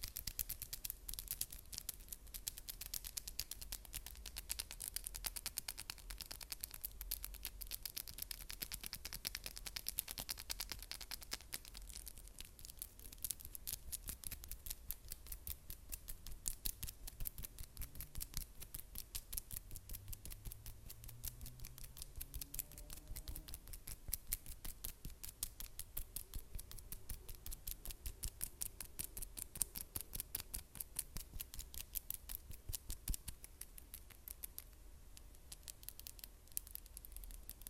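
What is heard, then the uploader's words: Fingernails tap quickly and hard in a dense, relentless stream of sharp clicks that runs the whole length without pausing. The rapid clatter stays bright and crisp, with a low hum underneath and faint rising tones drifting through around the middle. ASMR NAIL TAPPING, FAST & AGGRESSIVE ネイルのタッピング、はやくてアグレッシブ『音フェチ』.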